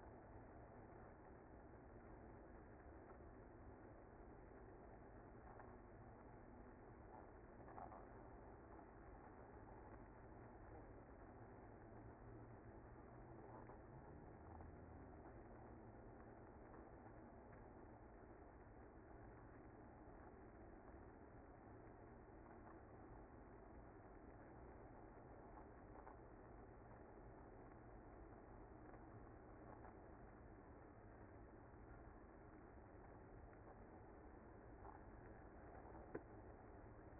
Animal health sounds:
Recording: honeybee colony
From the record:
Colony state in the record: active

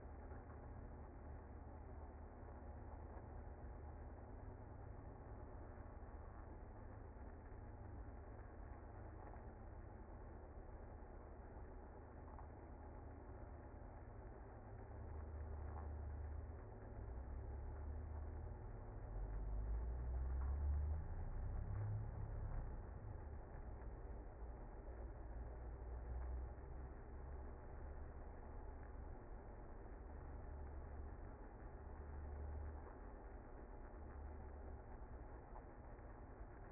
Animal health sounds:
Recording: honeybee colony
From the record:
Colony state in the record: active

